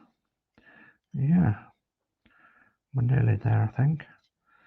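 A die-cast Routemaster model bus body part is lined up by its notches with the holes in the chassis while someone talks, with faint handling taps in between. The clip ends just before the part is pressed home, so nothing has seated or clicked yet.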